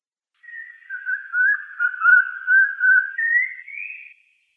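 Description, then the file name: Eurasian pygmy owl whistled series: a wavering chain of quick, pulsing notes that dips slightly and then climbs in pitch toward the end. "Sychik vorobinyj"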